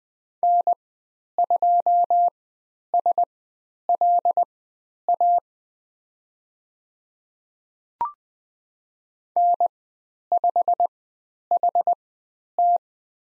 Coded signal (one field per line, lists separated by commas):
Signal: Morse code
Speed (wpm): 20 wpm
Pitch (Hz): 700 Hz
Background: none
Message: N2SLA N5HT